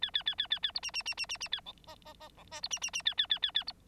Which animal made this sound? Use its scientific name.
Lonchura striata domestica